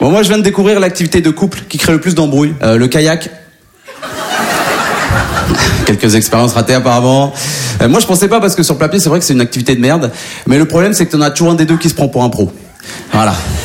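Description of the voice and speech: An adult man speaks French in a stand-up comedy routine broadcast on Rire et Chanson radio. Normal speech.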